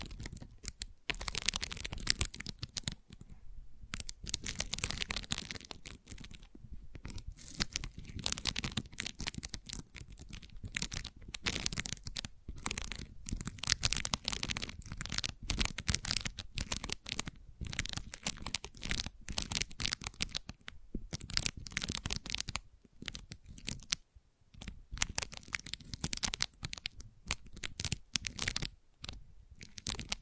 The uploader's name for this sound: Gentle Scratching